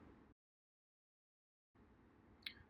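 After its latch was ground down by trial and error because it wasn't latching properly, the forend of a J Stevenson 12 gauge shotgun is fitted onto the gun so the forend latch engages the barrel lug. A low background rumble cuts out into silence from about 0.3 to 1.7 s, resumes, and then a single sharp click sounds at 2.5 s. The latch snaps home and seats with positive engagement.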